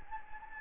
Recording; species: mosquito wingbeat signal from an infrared sensor; Anopheles gambiae